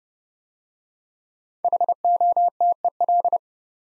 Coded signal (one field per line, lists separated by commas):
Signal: Morse code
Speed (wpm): 29 wpm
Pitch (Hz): 700 Hz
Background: none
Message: HOTEL